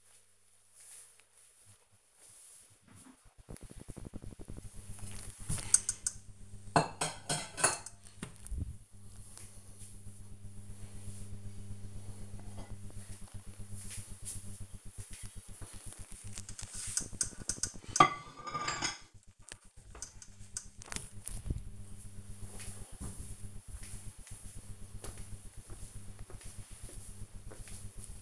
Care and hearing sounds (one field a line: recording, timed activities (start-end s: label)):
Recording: household activities, microphone on the right wrist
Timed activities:
0.00-20.81 s: putting away the dishes